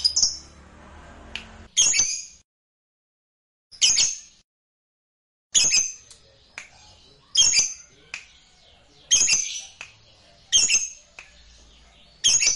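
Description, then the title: Lovebird uttering harsh, high squawks in irregular bursts, some spaced by short silences, with faint clicking between them. "Suara Lovebird Ini"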